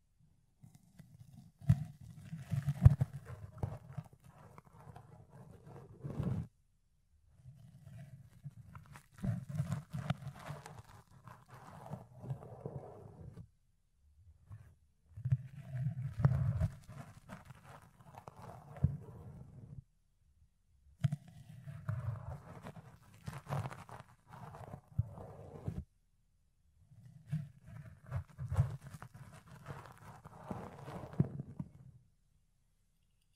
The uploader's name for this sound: Fluffy Ear Cleaning, Ear Picking